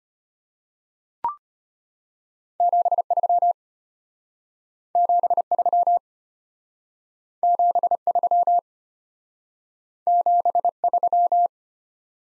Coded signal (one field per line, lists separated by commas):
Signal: Morse code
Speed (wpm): 33 wpm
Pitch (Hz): 700 Hz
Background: none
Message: 73 73 73 73